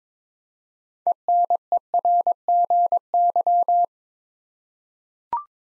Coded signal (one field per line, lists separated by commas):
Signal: Morse code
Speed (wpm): 22 wpm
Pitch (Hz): 700 Hz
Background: none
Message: ENERGY